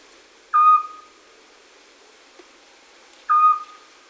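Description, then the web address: Eurasian scops owl calling two brief, pure whistled hoots nearly three seconds apart, with a faint click between them and otherwise quiet surroundings. "chatillon hibou petit duc"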